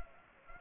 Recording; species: mosquito wingbeat signal from an infrared sensor; Culex pipiens